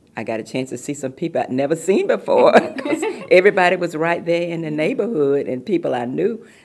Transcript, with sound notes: I got a chance to see some people I’d never seen before. (laughter) Everybody was right there in the neighborhood and people I knew.